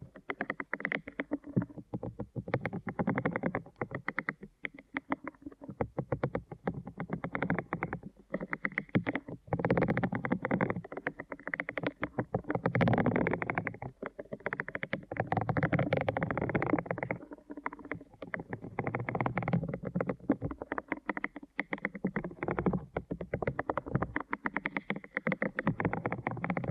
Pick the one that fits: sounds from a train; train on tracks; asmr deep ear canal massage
asmr deep ear canal massage